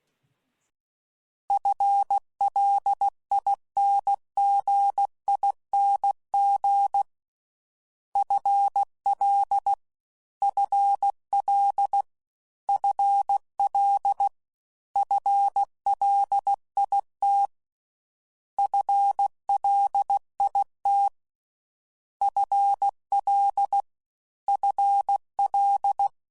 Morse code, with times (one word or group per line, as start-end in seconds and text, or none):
1.5-7.0 FLINGING
8.2-9.7 FL
10.4-12.0 FL
12.7-14.3 FL
15.0-17.5 FLIT
18.6-21.1 FLIT
22.2-23.8 FL
24.5-26.1 FL